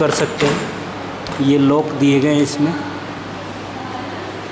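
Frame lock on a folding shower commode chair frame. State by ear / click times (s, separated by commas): not seated / none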